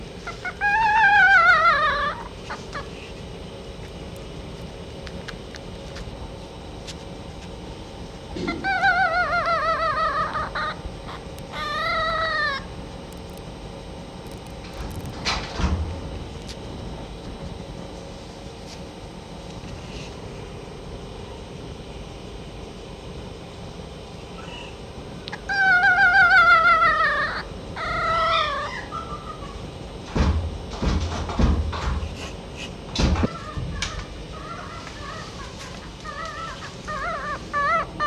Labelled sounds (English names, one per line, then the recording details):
Red Fox
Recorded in captivity
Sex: male
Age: juvenile
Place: Zoologisches Institut der HUB, Berlin, DE
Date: 1956-05-07 12:45
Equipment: Elmetra
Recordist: Tembrock, Günter